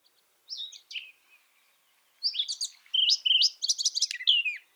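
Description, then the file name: Eurasian blackcap song: a few soft notes, a short pause, then a fast rich warble of whistled and scratchy notes. "Sylvia atricapilla"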